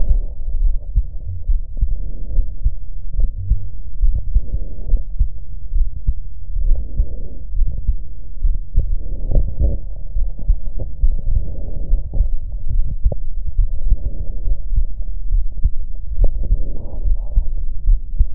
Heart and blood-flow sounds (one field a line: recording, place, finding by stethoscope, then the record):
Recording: heart sounds by stethoscope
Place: pulmonary valve (PV)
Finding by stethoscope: normal heart sounds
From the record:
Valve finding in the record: normal valve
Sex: male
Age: 56 years